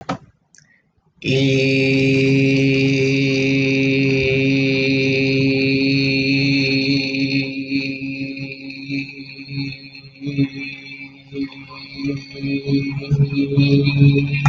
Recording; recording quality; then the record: sustained vowel as in beet; excellent, no background noise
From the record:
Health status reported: healthy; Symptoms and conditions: none ticked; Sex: male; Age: 20 years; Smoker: not ticked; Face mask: worn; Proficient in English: yes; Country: India